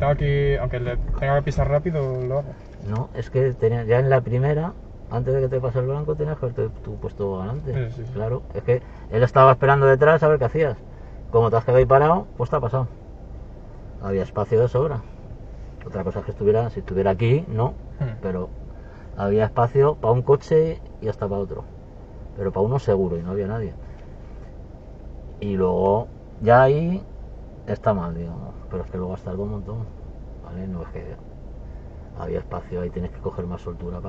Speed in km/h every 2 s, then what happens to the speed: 1, 0, 0, 0, 0, 0, 0, 0, 0, 0, 0, 0, 0, 0, 0, 0, 0.
0-34 standing.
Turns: none.